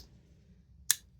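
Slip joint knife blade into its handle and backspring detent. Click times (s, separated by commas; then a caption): 0.9 s. The blade of a Giant Mouse Ace Jutland slip joint folding knife, with an S90V blade and contoured titanium handle, is worked so it snaps against the backspring into its detent. After a quiet stretch with a faint low hum, a single loud, sharp, bright snap is heard at 0.9 s, and it quickly fades. The blade is seated in position.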